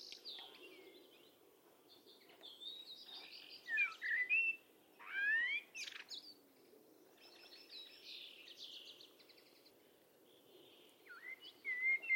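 Bird calls: chirps, trills and sharp whistled notes, with louder bursts around four, five and twelve seconds.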